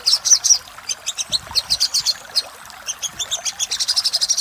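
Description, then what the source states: Little spiderhunter song: sharp high chips, loud at first, a softer uneven stretch, then a quickening even series. Master audio for training cage birds; labaik style.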